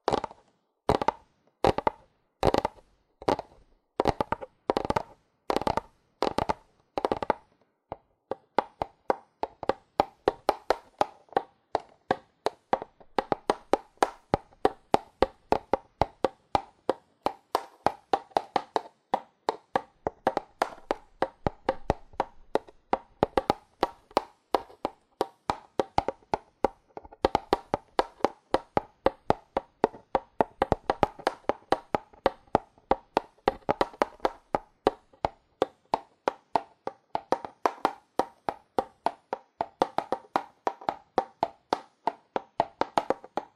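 Fast, aggressive tapping on cardboard: a few spaced hits for seven seconds, then a dense, irregular flurry of sharp taps through the end.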